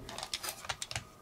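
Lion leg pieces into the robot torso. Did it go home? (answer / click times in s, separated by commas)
yes / 0.3 s, 0.8 s, 1.0 s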